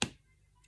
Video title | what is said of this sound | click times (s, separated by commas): WIP along Sunday | I do like a click when it clicks into place. | 0.0 s